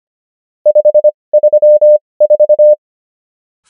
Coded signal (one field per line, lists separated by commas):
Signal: Morse code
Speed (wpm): 25 wpm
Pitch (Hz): 600 Hz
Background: none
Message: 534